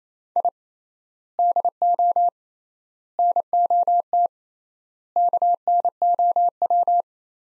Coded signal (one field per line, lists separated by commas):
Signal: Morse code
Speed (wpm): 27 wpm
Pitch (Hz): 700 Hz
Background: none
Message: I DO NOT KNOW